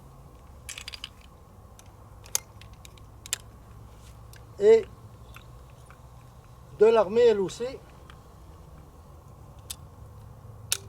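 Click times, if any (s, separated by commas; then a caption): 10.7 s. The lower string of an Excalibur TwinStrike crossbow is cocked until it catches in its trigger latch, with faint ticks and knocks along the way and someone talking briefly in the middle. A sharp click at 10.7 s marks the string latching into place.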